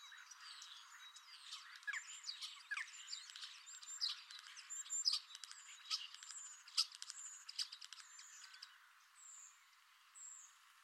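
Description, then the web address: Common starling song of crowded clicks and rattling chatter, easing into two drawn-out high whistles near the close. "Deverinetal 2025. Bird Only"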